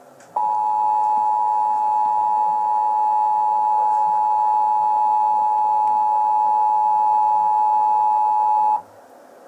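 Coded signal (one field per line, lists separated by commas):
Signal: Emergency Alert System (SAME) tones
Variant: 853 and 960 Hz attention tone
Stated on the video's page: Tornado warning alert interrupting a film.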